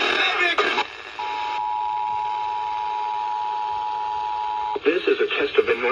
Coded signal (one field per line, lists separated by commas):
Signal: Emergency Alert System (SAME) tones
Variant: 853 and 960 Hz attention tone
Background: speech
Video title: (EAS "#597-612") North & South Carolina Tornado Drills over NWR (and FM too!) - 3/7/2025